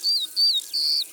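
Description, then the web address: Eurasian skylark song: three high, clear whistled notes in quick succession, the first two gliding slightly downward. "Alouette des champs. abc de la nature"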